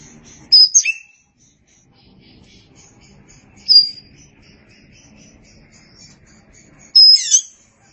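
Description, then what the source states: Oriental magpie-robin song: three short bursts of high whistled and sweeping notes about three seconds apart, with quiet gaps and faint low hum between. Chirping song.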